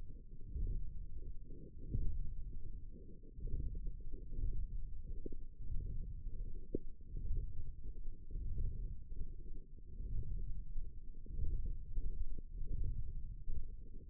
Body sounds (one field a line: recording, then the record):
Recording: forearm muscle sounds (acoustic myography)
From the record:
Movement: wrist flexion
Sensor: system 1, eight BSWA MPA416 microphones around the upper forearm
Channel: 7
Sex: female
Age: 22 years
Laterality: right